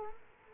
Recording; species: mosquito wingbeat signal from an infrared sensor; Culex quinquefasciatus